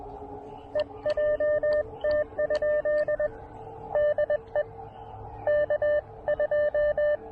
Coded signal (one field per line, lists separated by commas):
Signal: Morse code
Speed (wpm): 21 wpm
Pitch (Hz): 600 Hz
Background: radio noise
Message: EJT? DE K 2